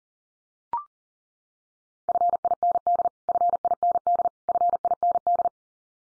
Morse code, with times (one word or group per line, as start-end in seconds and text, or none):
2.1-3.1 FIND
3.3-4.3 FIND
4.5-5.5 FIND